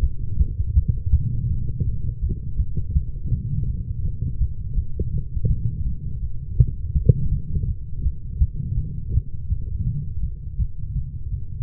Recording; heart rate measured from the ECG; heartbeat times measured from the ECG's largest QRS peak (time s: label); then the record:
heart sounds by stethoscope; 165 bpm
0.01 s: heartbeat
0.38 s: heartbeat
0.74 s: heartbeat
1.11 s: heartbeat
1.48 s: heartbeat
1.84 s: heartbeat
2.20 s: heartbeat
2.57 s: heartbeat
2.93 s: heartbeat
3.30 s: heartbeat
3.66 s: heartbeat
4.03 s: heartbeat
4.39 s: heartbeat
4.76 s: heartbeat
5.12 s: heartbeat
5.48 s: heartbeat
5.84 s: heartbeat
6.21 s: heartbeat
6.57 s: heartbeat
6.94 s: heartbeat
7.30 s: heartbeat
7.66 s: heartbeat
8.03 s: heartbeat
8.39 s: heartbeat
8.76 s: heartbeat
9.12 s: heartbeat
9.48 s: heartbeat
9.85 s: heartbeat
10.21 s: heartbeat
10.57 s: heartbeat
10.94 s: heartbeat
11.30 s: heartbeat
From the record:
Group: healthy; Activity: light exercise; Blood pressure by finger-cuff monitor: 82/70 mmHg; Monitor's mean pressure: 80 mmHg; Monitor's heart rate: 163 bpm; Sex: female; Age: 19 years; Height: 163 cm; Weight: 51 kg